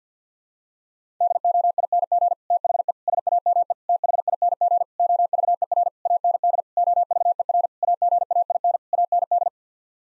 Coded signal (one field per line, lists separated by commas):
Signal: Morse code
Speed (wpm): 50 wpm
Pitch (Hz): 700 Hz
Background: none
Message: DOING THE SAME THING OVER AND OVER AGAIN AND